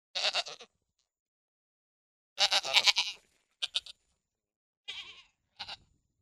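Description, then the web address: Pygmy goat bleating, a wavering bleat, then a longer quavering one, followed by several short clipped calls with pauses between. "Goats -Pigmy"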